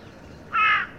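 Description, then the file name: Carrion crow uttering a single short, harsh caw. "Corvus corone"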